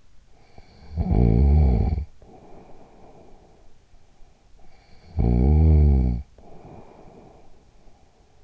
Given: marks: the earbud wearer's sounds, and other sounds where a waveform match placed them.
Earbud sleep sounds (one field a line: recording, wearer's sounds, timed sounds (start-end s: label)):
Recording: sounds in sleep by an in-ear microphone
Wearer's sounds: snoring breath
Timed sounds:
0.00-4.40 s: snoring breath
4.83-8.26 s: snoring breath